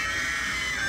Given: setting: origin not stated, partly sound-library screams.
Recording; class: one-second piece from a danger detection set; woman in danger